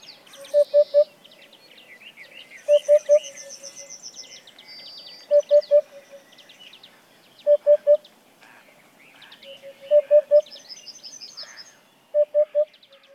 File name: Huppe fasciee